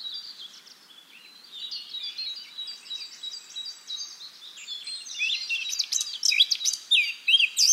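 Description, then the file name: Eurasian blackcap song that begins as a subdued, scratchy warble and builds into loud, fluty, rapidly varied notes in the final seconds. "Sylvia atricapilla"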